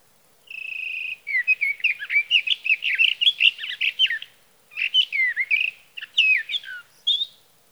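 Sage Thrasher song: a steady opening whistle leads into long bursts of rapid, varied warbling, with short pauses between phrases.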